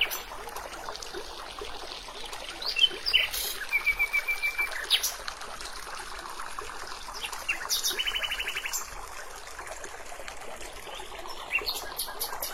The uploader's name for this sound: birdsong and forest, the sound of streams and cicadas